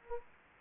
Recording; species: mosquito wingbeat signal from an infrared sensor; Anopheles arabiensis